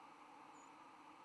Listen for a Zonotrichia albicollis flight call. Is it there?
yes